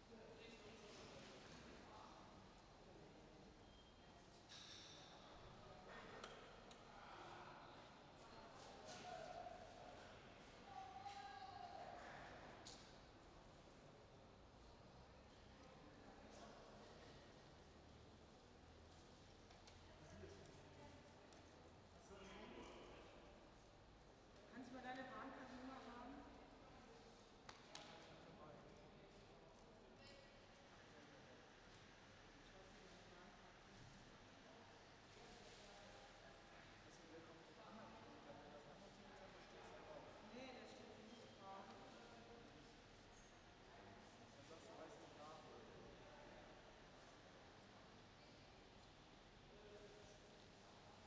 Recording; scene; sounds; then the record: everyday scene through a hearing-aid microphone; reverberant space; background noise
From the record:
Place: railway station hall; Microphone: in the ear canal, left